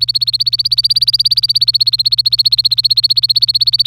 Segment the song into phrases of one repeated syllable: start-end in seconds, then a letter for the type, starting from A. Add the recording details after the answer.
0.00-3.87 A. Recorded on 25 April 2018 at 15:56. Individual llb3